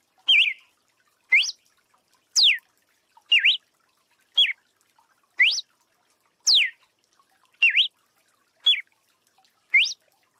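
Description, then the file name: Red-cowled cardinal song of loud, pure whistles, some sliding upward, others dropping sharply or warbling, delivered steadily roughly once per second. "galo de campina"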